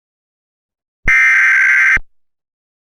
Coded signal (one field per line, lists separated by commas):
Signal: Emergency Alert System (SAME) tones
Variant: header bursts